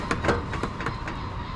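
The edge of an Audi A4 B5 bumper is pushed into an aftermarket plastic quick-release bumper clip, which snaps locked with a sharp click at 0.1 s. A couple of softer knocks follow around 0.8 and 0.9 s over a steady background hum, and the bumper edge is held seated in the clip.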